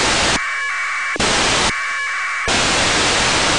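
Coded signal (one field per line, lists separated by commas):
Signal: packet radio (AX.25, as in APRS)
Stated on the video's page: ISS packet received with an RTL-SDR dongle and a turnstile antenna.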